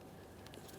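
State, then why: Not seated. A wiring harness connector for a parking assist sensor on a 2011-2021 Jeep Grand Cherokee is aligned with its locking tab facing out and handled as it is about to be pressed onto the sensor. Brief soft ticks at about 0.5 s rise above a low, steady background. The connector has not seated or clicked yet.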